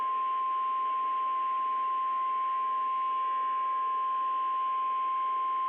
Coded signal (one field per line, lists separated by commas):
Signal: Emergency Alert System (SAME) tones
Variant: 1050 Hz attention tone